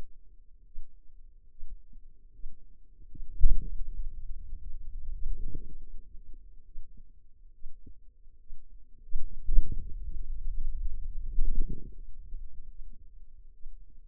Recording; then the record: forearm muscle sounds (acoustic myography)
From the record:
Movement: pen grasping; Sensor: system 2, bracelet of six BSWA MPA416 microphones around the upper forearm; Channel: 1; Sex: female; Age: 25 years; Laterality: right